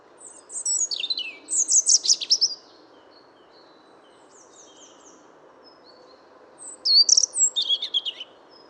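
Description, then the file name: European robin song: tumbling, high-pitched warbled phrases with quick trills, a long pause of several seconds, then another sweet twittering phrase. "Erithacus rubecula"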